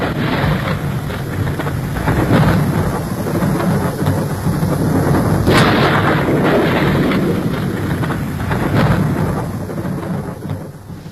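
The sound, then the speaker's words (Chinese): Heavy rain pours down in a steady, dense hiss, breaking the muggy heat, while low thunder rumbles and rolls beneath it, swelling in several loud waves with a sharper crack midway. No voices. “倾盆大雨冲刷了几分闷热”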